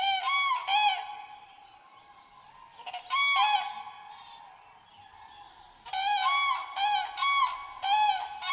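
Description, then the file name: Common crane giving loud, trumpeting bugle calls in three bursts, each made of several rolling, harmonic-rich notes, with quiet pauses between the bursts. "zuraw"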